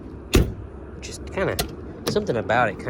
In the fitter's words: But that click when it's like you feel that all metal latch in there.